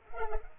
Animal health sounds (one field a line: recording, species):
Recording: mosquito wingbeat signal from an infrared sensor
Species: Culex pipiens